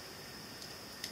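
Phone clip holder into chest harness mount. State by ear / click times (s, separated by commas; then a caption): seated / 1.0 s. A phone clip holder, its angle knob already tightened, is clipped into a chest harness mount. Over a steady low hiss, one sharp, short click sounds at 1.0 s. That click marks the clip locking in, and the holder is seated securely.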